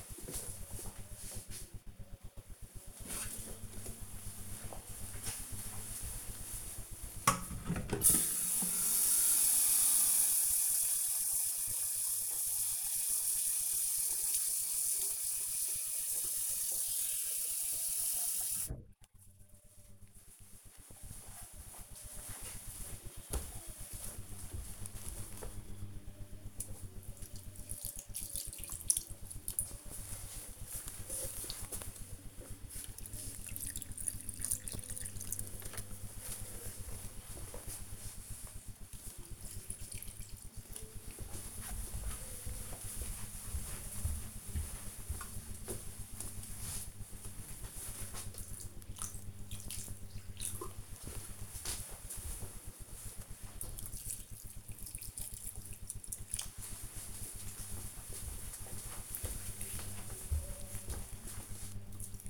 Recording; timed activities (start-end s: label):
household activities, microphone on the right wrist
1.35-62.29 s: watering plant